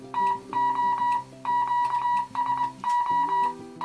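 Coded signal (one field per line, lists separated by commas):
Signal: Morse code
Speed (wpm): 21 wpm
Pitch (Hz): 970 Hz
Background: music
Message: TO QSO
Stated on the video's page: CW QSO on a vintage Heathkit HW-101 tube transceiver.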